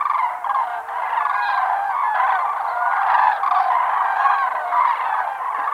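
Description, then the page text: Flock of common cranes giving a continuous chorus of rolling, bugling calls, many birds overlapping in a thick, steady wall of sound. "Common Crane Flock Calls. Quick Sounds"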